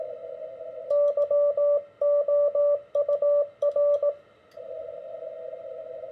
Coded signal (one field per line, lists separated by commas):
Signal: Morse code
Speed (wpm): 17 wpm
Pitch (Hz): 580 Hz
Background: radio noise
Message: YOUR